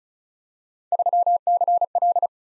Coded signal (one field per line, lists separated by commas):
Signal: Morse code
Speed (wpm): 36 wpm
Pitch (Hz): 700 Hz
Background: none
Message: 3CL